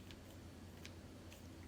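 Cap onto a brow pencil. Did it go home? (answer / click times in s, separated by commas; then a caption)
no / none. A plastic cap is slid onto the end of an eyebrow pencil, and it just slides on without locking in place. Only a few faint, soft ticks are heard near 0.1, 0.9 and 1.3 seconds over a low steady hum. Nothing has clicked or seated.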